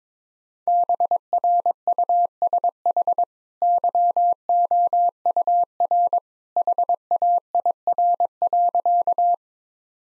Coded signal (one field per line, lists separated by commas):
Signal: Morse code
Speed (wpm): 21 wpm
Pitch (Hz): 700 Hz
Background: none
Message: BRUSH YOUR HAIR.